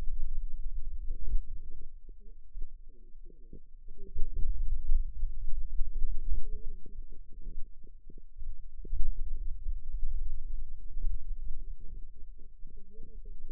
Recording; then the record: forearm muscle sounds (acoustic myography)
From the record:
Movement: hand closing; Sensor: system 2, bracelet of six BSWA MPA416 microphones around the upper forearm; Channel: 1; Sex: female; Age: 21 years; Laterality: right